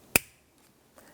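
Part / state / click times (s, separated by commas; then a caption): wiring harness connector into combination switch / seated / 0.2 s. A wiring harness electrical connector is pushed back into the combination switch of a 1996-2002 Toyota 4Runner and seats with a sharp, loud click at 0.2 s. A much fainter, softer sound follows near 1.0 s.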